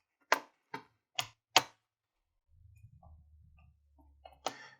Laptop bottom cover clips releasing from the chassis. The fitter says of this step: you want to hear those clicks